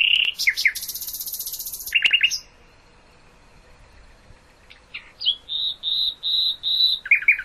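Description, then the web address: Nightingale song packed with variety: a sharp buzzy rattle, quick chattering trills, a pause, then a run of clear repeated whistles ending in fast notes. "hoeren nachtigall"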